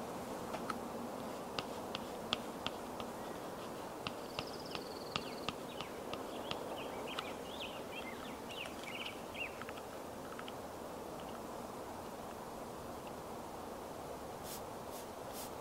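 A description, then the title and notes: Makeup being done outside: scattered light taps and clicks over a steady outdoor hiss, with faint bird chirps midway and sharp clicks near the end. Doing Your Makeup Outside on a Sunny Day.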